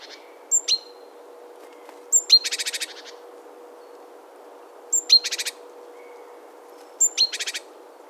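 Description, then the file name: Great tit call: two sharp, very high whistled notes, mostly followed by a short buzzy, rattling run. The phrase is given four times over eight seconds, the first without the run, against a faint steady hum. "Parus major"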